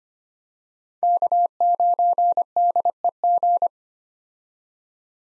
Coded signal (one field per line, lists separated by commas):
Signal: Morse code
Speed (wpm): 25 wpm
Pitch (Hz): 700 Hz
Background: none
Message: K9DEG